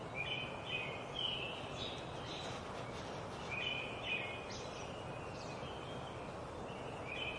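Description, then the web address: Robin singing short caroling whistles in a loose series, against constant soft background noise. Sung at dawn in a forest at Tuolumne Meadows, Yosemite. "robbin welcomes dawn in tuolumne meadows forest yosemite"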